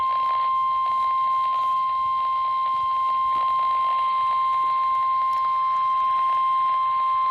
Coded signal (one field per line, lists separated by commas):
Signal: Emergency Alert System (SAME) tones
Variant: 1050 Hz attention tone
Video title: Severe Thunderstorm Warning (EAS#0007) 7/25/2020